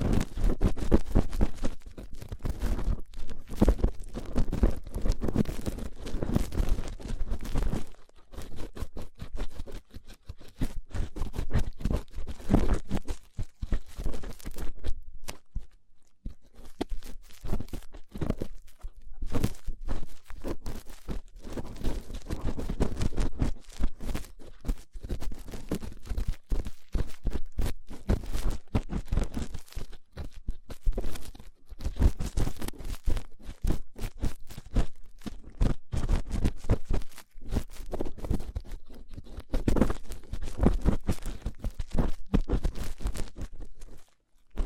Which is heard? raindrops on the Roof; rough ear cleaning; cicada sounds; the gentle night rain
rough ear cleaning